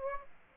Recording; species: mosquito wingbeat signal from an infrared sensor; Aedes aegypti